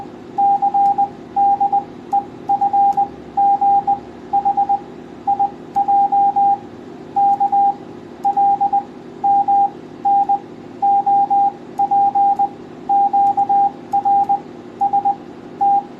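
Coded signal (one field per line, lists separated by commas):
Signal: Morse code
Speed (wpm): 20 wpm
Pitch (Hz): 800 Hz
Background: radio noise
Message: CDEFGHIJKLMNOPQRST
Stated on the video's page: Morse sent on a homemade DIY spoon keyer.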